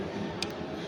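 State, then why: Seated. The metal nosepiece (revolver) of an electric microscope is rotated until the objective lens detents into position, giving a short sharp click at 0.4 s over a steady low hum. The objective is seated.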